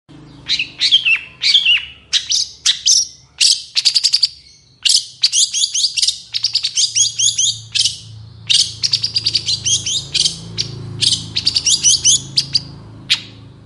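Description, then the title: Long-tailed shrike song, a rapid jumble of sharp chirps, scratchy notes and short whistles in quick bursts, with brief pauses between phrases. Long-tailed shrike song in the morning, with varied calls including "toet toet"; used as a lure recording to prompt sluggish or stressed cendet birds to sing. "Cendet Gacor Dor Di Kala Pagi Toet Toet Variasi Suara. PANCINGAN CENDET MALAS BUNYI CENDET MACET CENDET STRESS"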